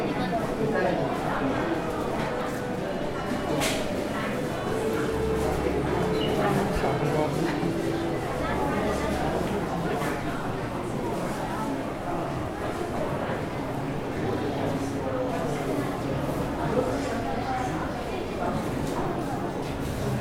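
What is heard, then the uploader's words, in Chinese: A busy tea market, filled with the steady murmur of many overlapping voices. The crowd noise stays dense and even throughout, with a low hum underneath and occasional brief clinks and knocks, including a sharp one near four seconds. 台北茶之市。這是在台北松山菸廠舉辦的茶之市。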